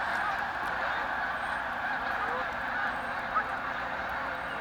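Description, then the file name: Snow goose: snow geese heard as a softer, blended chorus of honks, steady throughout with one brief louder note near the end. Snow geese taking off. "Snow Geese take-off"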